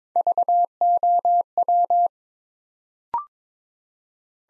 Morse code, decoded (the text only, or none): VOW